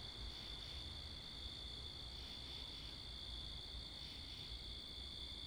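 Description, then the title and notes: Crickets trill continuously at a high pitch, with faint swells, while wind and traffic rumble fill the low range. Wakefield, Rhode Island, 10 October 2021, 11:35pm, night; recorded facing northeast with two Rode NTG-3 shotgun mics on a Sound Devices MixPre 10ii; crickets with cars and wind. "Oct 10th 2021 11:35pm Wakefield, Rhode Island. Crickets, Cars, and Wind"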